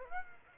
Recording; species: mosquito wingbeat signal from an infrared sensor; Aedes aegypti